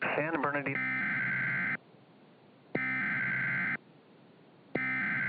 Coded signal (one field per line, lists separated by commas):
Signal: Emergency Alert System (SAME) tones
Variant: header bursts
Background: speech